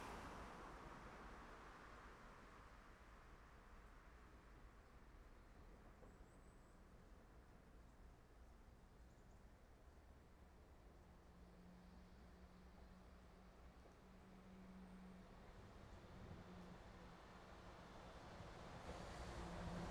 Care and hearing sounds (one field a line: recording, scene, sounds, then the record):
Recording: everyday scene through a hearing-aid microphone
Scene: in traffic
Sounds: traffic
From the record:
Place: main road on the outskirts, rush hour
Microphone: behind the ear, left, front